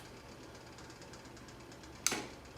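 A click-type torque wrench tightens the steel bolts of a Collins transmission adapter plate joining a 2JZ engine to the transmission in a G35. After a steady low background with faint repeating ticks, the wrench gives a single sharp click at 2.1 s. That click shows the bolt has reached its set torque.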